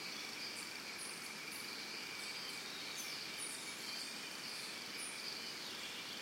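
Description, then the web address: Crickets give a steady, dense high drone, with short high chirps scattered above it over soft background hiss. Early morning in a Costa Rica forest, crickets with birds. "Big Room Sound Birds Crickets Costa Rica Early Morning"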